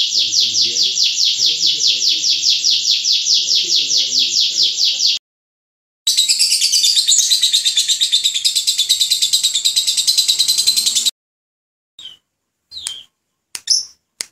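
Lovebird chattering calls, a fast pulsing shrill chatter for five seconds, a short pause, another dense burst of high chatter, then a few scattered chirps.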